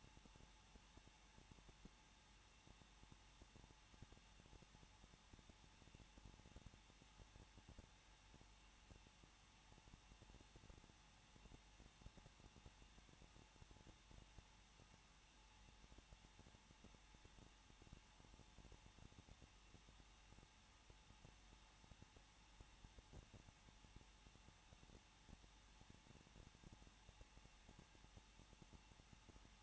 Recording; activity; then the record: daily activity, microphone in the room; no activity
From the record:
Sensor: 1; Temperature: 20.1 degrees Celsius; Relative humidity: 39.2%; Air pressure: 1006.3 hPa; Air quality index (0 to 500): 218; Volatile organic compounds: 77 ppm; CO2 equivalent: 3583 ppm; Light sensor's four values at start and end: 1/2/1/1 and 1/2/1/1